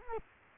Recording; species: mosquito wingbeat signal from an infrared sensor; Culex quinquefasciatus